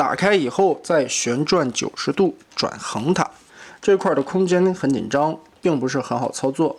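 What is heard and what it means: Someone talks while handling a Transformers movie MPM-14 Bonecrusher transforming robot figure, working its crotch plate toward clipping onto the body in a tight space. Only speech is heard, and the panel has not seated or clicked yet.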